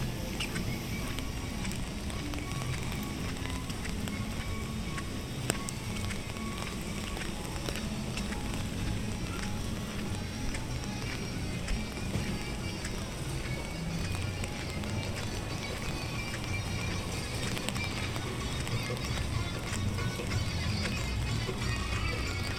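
A walk through Animal Kingdom park in Walt Disney World, with a steady crowd murmur of overlapping voices throughout. Footsteps, light clicks and the occasional rolling wheel sound break through, and a brief sharp knock lands around five seconds in.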